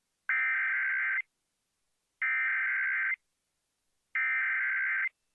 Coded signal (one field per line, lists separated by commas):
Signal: Emergency Alert System (SAME) tones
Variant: header bursts